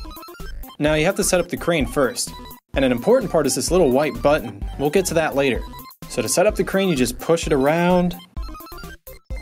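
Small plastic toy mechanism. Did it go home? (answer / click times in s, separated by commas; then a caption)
yes / 9.1 s. Someone talks while the plastic crane arm of a toy track set is pushed around by hand until it stops and locks in place. A short click at 9.1 s marks the crane locking into position.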